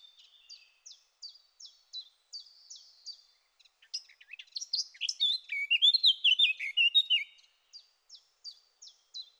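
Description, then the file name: Eurasian blackcap song: a soft run of short, repeated chirps at a steady pace swells into a loud, rich warbled phrase with fluting whistles, then settles back into quiet chirps. "Sylvia atricapilla"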